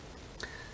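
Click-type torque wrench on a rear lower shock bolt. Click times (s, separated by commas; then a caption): 0.4 s. A click-type torque wrench set to 30 ft-lb tightens a lower shock bolt on the rear axle of a VW Golf Mk4 Cupra R with the suspension loaded. One sharp click rings out at 0.4 s over a low steady background, showing the wrench has reached its torque setting.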